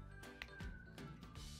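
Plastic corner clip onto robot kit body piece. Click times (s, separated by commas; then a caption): 0.4 s. A plastic corner clip is pressed onto a robot kit body piece and clicks into place at 0.4 s with a sharp, bright snap. Music plays underneath, and a few softer knocks follow near 1.0, 1.2 and 1.4 s. The clip is seated.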